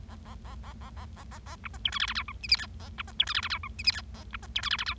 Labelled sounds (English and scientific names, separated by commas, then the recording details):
Bengalese Finch (Lonchura striata domestica) song
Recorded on 25 March 2012 at 17:28
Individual gy6or6